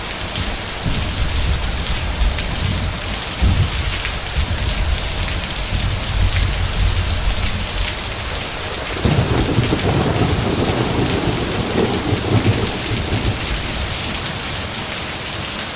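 Heavy rain pours down in a dense, steady hiss that fills the whole clip. Low thunder rumbles underneath throughout, swelling into a louder roll around nine seconds and lingering for several seconds before easing slightly.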